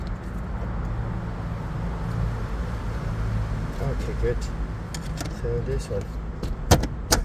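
During a fuel pump replacement on an Audi Q5, a fuel line quick connector is handled near its port on the fuel pump assembly while someone talks over a steady low background hum. A few sharp taps and knocks come near the end, the loudest around 6.7 s and 7.1 s, but nothing has seated or clicked in yet.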